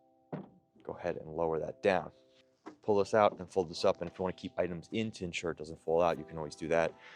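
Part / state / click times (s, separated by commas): tailgate latch on pickup truck bed / released / 0.3 s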